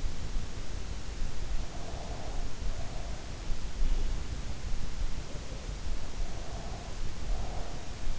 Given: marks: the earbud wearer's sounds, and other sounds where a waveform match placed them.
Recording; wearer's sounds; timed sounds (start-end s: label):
sounds in sleep by an in-ear microphone; breath
1.60-3.20 s: breath
6.39-7.89 s: breath